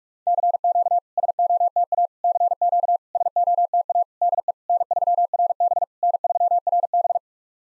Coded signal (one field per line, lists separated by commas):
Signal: Morse code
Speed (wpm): 46 wpm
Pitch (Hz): 700 Hz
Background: none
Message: CQ SOTA CQ SOTA DE N3RB N3RB